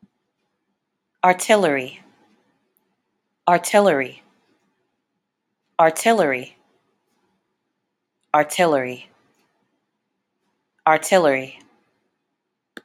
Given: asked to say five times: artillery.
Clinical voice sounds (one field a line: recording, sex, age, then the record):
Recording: repeated word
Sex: female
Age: 20 to 29 years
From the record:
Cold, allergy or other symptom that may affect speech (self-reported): no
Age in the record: 29 years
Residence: Texas, United States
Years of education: 18